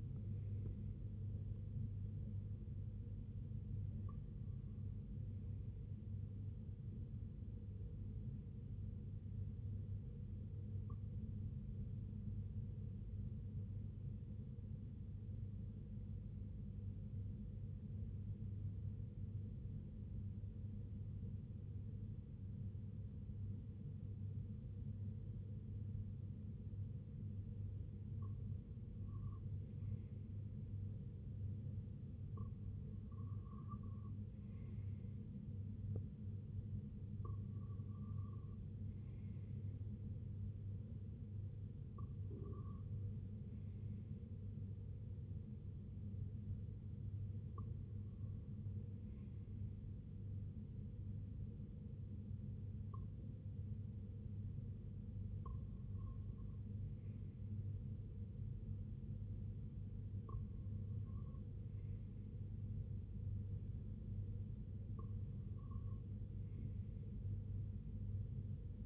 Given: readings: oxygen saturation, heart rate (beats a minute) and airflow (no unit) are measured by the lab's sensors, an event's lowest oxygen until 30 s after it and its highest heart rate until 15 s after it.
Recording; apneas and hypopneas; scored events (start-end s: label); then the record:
breathing in sleep by a smartphone at the bedside; 1
12.00-34.10 s: hypopnea (N1, oxygen 95% highest, then 90% lowest, heart rate 60 at the start, 68 highest)
41.00-68.86 s: new sleep stage, N2 (light sleep)
From the record:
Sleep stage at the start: N1 (lightest sleep); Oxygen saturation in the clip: 90 to 95%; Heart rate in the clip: 58 to 68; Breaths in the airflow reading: 13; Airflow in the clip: -7.3 to 4.4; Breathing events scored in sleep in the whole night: 258 in 7.4 hours asleep